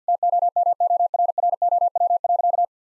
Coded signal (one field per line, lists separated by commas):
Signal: Morse code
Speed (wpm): 50 wpm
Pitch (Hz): 700 Hz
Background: none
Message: TOMORROW.